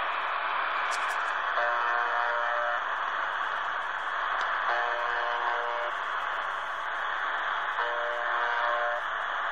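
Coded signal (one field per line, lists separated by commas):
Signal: channel marker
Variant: UVB-76 (The Buzzer)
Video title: UVB-76 "The Buzzer" on 4625 khz received in Berlin, Germany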